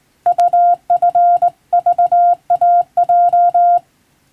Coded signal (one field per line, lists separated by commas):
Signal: Morse code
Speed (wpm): 20 wpm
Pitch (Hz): 700 Hz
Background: none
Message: UFVAJ